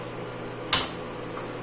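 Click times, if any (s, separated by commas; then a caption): 0.7 s. A power connector is pushed into a GPU or riser while assembling a crypto mining rig. A single sharp click sounds at 0.7 s over a steady background hum, and the connector is seated.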